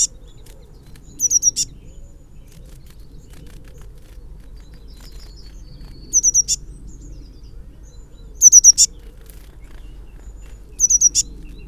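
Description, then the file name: Eurasian blue tit calls, short bursts of three or four high thin notes ending in a sharp click, given four times at irregular gaps over quiet low background hum. "Cyanistes caeruleus"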